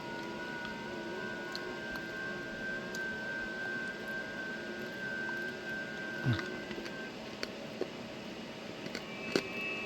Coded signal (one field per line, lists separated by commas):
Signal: FT8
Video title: How I do 12 days of qrz Ft8 style. every band endorsement (mostly)